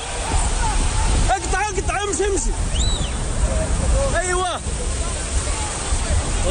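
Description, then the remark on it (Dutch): A loud, steady roar of rushing floodwater in Petra, Jordan, after sudden heavy rain, fills the whole stretch, while several tourists being evacuated shout and cry out in agitated bursts over it, then fall quiet as the torrent keeps surging. “En ondertussen hoor je dat water ook stromen.”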